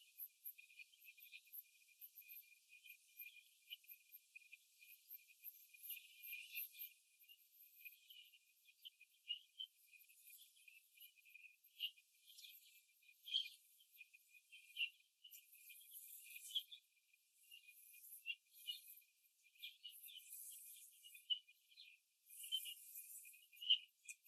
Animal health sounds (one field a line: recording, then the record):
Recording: young laying hens in a cage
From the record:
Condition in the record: after the stressor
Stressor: simulated dog barking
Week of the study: 2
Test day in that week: 2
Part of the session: 1